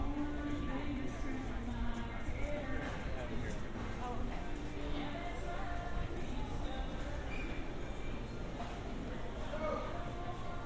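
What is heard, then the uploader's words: Shopping in a hardware store, with a steady, dense murmur of voices and movement filling the whole clip. Music plays underneath, with faint tuneful lines drifting through, while scattered clicks and small knocks come and go. The level stays constant throughout. A binaural field recording of shopping at a hardware store in New Rochelle. I was surprised they played country music.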